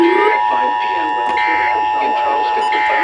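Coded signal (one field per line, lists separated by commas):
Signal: Emergency Alert System (SAME) tones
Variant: 853 and 960 Hz attention tone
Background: speech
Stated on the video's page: Severe thunderstorm warnings received on multiple stations.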